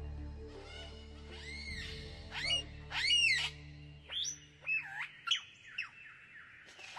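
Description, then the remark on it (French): A superb lyrebird in the shade of eucalyptus trees sings a varied run of loud calls: arching whistles, harsh squawks and swooping notes in quick bursts, each phrase different, over a low steady hum. “Un magnifique oiseau lyre, aussi appelé ménure superbe.”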